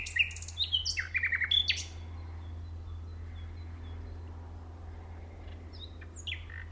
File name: Luscinia megarhynchos